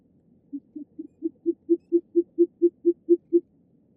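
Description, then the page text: Short-eared owl hooting, a quick run of low, hollow hoots, evenly spaced, growing louder after the first few. "Голос птицы - Болотная сова"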